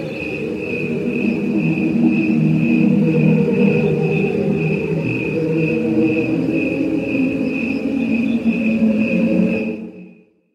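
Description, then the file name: Cricket chirping, a steady high pulsed trill repeating rapidly for about ten seconds over a dense low droning hum, then all sound stops. "crickets songofpraise"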